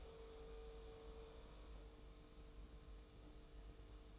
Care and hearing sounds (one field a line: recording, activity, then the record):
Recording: daily activity, microphone in the room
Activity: make coffee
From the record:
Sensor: 1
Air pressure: 991.7 hPa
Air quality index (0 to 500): 169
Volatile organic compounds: 1000 ppm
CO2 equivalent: 6374 ppm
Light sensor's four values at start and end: 33/109/42/44 and 33/109/42/44